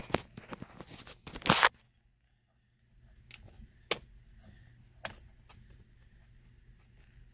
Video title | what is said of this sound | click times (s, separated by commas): 1999 Sienna Horn Repair | yeah that's that one right there it just pops right in there no big deal | 3.9 s